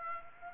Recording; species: mosquito wingbeat signal from an infrared sensor; Aedes aegypti